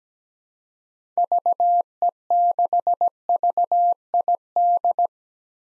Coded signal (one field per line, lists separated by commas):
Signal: Morse code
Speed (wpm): 17 wpm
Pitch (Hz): 700 Hz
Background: none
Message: VE6VID